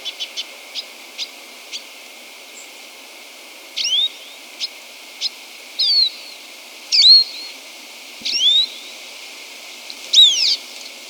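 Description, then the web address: Andean siskin calling: sharp high ticks at first, then a series of thin slurred, twittering notes with quiet gaps between. Recorded in Ecuador. "Birds of Ecuador. Andean Siskin"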